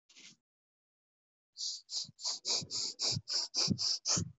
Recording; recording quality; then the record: shallow breathing; excellent, no background noise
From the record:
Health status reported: COVID-19 positive, no symptoms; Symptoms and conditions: none ticked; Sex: male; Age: 34 years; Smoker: not ticked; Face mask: not worn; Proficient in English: no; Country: India